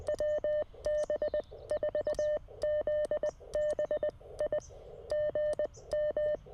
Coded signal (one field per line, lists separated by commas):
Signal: Morse code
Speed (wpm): 20 wpm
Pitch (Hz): 600 Hz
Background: none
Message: WB4ZBI GM